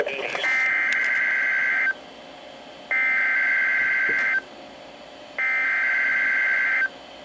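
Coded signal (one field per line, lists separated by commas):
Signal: Emergency Alert System (SAME) tones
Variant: header bursts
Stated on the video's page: Severe thunderstorm warnings received on NOAA Weather Radio with a Midland WR120b.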